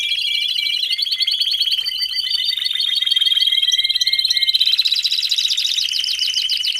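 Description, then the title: Domestic canary song: an unbroken run of rapid rolling trills that shift from one trill to another, with a faster, pulsing, buzzy trill taking over for the last two seconds. Male Belgian canary singing a lot, for training and warming up young canaries. "Canario Belga. Macho Cantando Muito"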